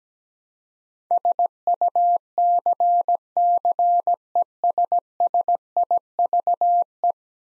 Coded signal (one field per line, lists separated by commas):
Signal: Morse code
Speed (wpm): 17 wpm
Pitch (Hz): 700 Hz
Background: none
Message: SUCCESSIVE